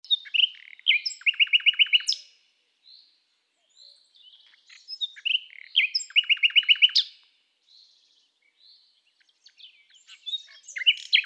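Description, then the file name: Common nightingale song, two loud phrases each with a fast rattling run of repeated notes, separated by quiet scattered chirps and short pauses, and a third phrase beginning at the end. "Luscinia megarhynchos"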